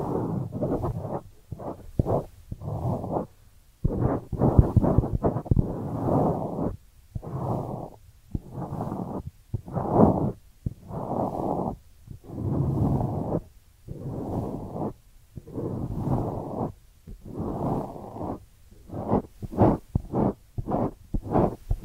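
Ear cleaning triggers: soft, muffled rustling and scratchy brushing come in short bursts separated by brief silences. The strokes repeat at an uneven pace, mostly dull and low with a faint airy hiss, and quicken into rapid little taps near the end.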